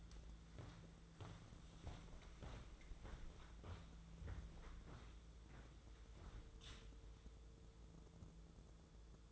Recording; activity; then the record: daily activity, microphone in the room; walk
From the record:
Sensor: 3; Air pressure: 1005.6 hPa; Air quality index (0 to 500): 96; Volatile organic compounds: 3 ppm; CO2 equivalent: 1506 ppm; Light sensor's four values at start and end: 10/23/9/9 and 10/24/10/9